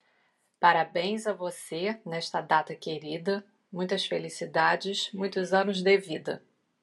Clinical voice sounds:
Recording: short text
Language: Brazilian Portuguese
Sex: female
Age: 50 to 59 years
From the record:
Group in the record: control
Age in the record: 51 years

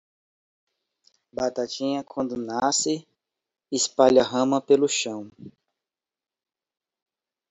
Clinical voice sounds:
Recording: short text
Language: Brazilian Portuguese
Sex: male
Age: 40 to 49 years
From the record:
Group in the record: control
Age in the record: 40 years

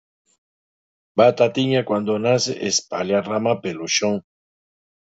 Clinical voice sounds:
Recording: short text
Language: Brazilian Portuguese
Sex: male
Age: 60 to 69 years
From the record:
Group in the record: control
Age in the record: 61 years

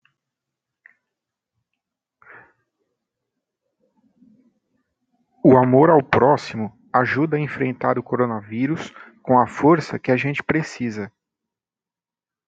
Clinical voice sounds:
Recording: spoken sentence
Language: Brazilian Portuguese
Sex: male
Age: 40 to 49 years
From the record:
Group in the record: control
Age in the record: 46 years

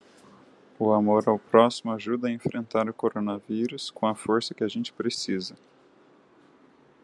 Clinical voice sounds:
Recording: spoken sentence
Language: Brazilian Portuguese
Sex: male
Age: 30 to 39 years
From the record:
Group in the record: control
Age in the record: 33 years

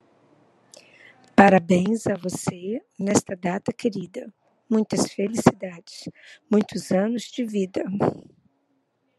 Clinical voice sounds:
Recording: short text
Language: Brazilian Portuguese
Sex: female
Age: 60 to 69 years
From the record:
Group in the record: control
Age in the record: 61 years

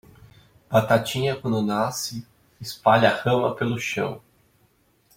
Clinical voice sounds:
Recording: short text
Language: Brazilian Portuguese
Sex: male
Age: 30 to 39 years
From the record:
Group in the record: control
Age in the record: 35 years

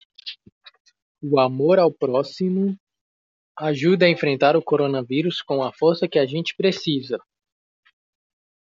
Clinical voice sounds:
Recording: spoken sentence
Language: Brazilian Portuguese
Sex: male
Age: 20 to 29 years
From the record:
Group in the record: control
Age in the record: 28 years

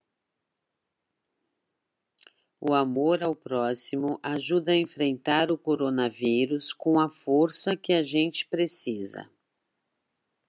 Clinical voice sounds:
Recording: spoken sentence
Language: Brazilian Portuguese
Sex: female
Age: 50 to 59 years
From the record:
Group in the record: control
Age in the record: 56 years

